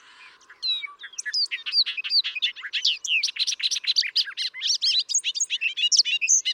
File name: Bobolink